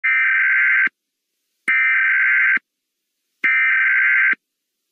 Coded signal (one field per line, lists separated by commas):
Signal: Emergency Alert System (SAME) tones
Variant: header bursts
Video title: My Child Abduction Emergency (THIS IS A FAKE EAS, DONT CALL 911)